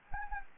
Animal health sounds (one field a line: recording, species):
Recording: mosquito wingbeat signal from an infrared sensor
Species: Anopheles gambiae